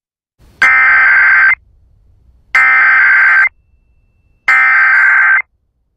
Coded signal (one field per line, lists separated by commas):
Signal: Emergency Alert System (SAME) tones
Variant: header bursts